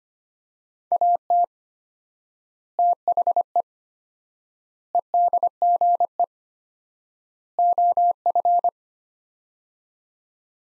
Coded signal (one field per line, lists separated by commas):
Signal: Morse code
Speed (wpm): 25 wpm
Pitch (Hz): 700 Hz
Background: none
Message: AT THE EDGE OF